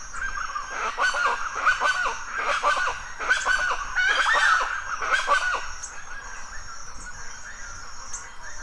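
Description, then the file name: Chachalaca loud calls, a run of rough, repeated raucous notes through the first half, then only a steady insect hum. Loud calls recorded at dawn in forest in Mexico. "felix blume animals birds chachalas loud call dawn forest mexico"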